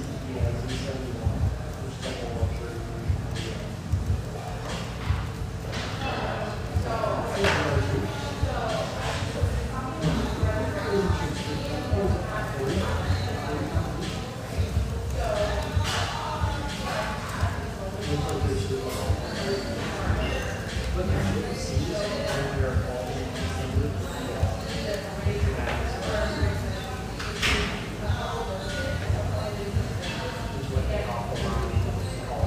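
Steady murmur of many voices fills a coffee shop with a high ceiling, talk overlapping without pause. Frequent sharp clinks and clatters of cups and dishes punctuate the chatter every second or two, with a low hum running underneath throughout.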